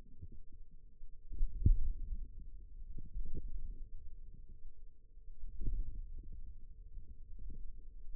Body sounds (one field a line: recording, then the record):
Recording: forearm muscle sounds (acoustic myography)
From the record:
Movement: ulnar deviation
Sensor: system 2, bracelet of six BSWA MPA416 microphones around the upper forearm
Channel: 4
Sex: female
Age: 22 years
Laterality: right